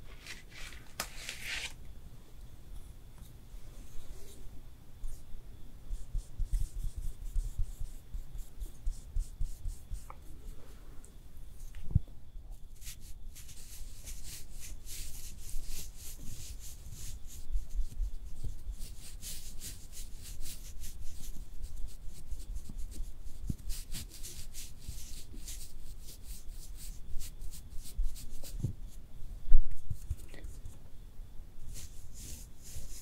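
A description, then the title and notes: Quiet makeup sounds with no talking: soft rubbing, brushing and light tapping layered together. The textures stay fairly steady and dense, with small crisp clicks scattered throughout and one louder tap near the end. ASMR Makeup Artist Does Your MAKEUP (Layered + No Talking).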